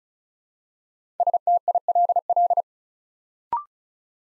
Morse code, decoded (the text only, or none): STILL